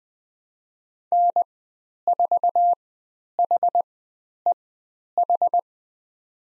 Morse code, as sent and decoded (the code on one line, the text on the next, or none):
-. ....- .... . ....
N4HEH